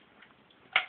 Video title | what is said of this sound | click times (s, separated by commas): Removing a Hard Drive from a HP Mini Laptop | and you hear a Click put the wire inside the groove | 0.8 s